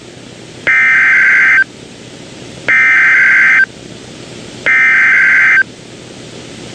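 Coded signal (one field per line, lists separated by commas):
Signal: Emergency Alert System (SAME) tones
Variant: header bursts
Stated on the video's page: NOAA Weather Radio KHB32 Tampa broadcast cycle with a Special Marine Warning, synthesized CRS recording.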